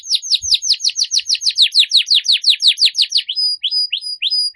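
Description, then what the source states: Canary song: a rapid even series of high downslurred chirps, then spaced thin level whistles and a few sweeping notes. Canary song used to lure birds.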